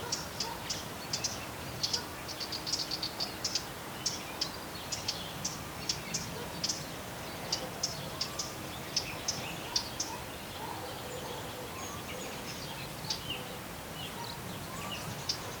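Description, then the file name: Eurasian blackcap calls: short, hard, high ticking notes repeated irregularly, sometimes in quick clusters, over steady low background hiss. "Sylvia atricapilla"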